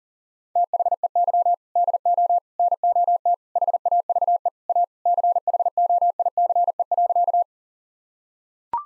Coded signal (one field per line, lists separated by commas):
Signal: Morse code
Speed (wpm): 40 wpm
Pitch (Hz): 700 Hz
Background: none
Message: THEY DO NOT HAVE A CHOICE.